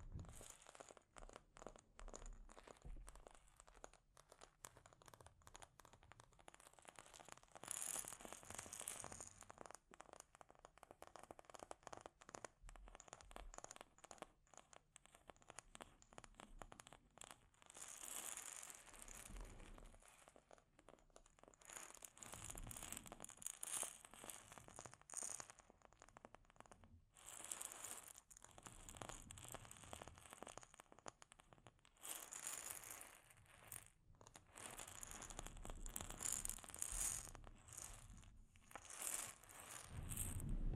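Delicate scratching and tapping on a microphone runs without a break, a dense crackle of quick, irregular strokes and soft taps. Brighter, hissier scratching swells in bursts around 8, 18, 24 and 33 to 37 seconds, with brief quiet gaps between passages.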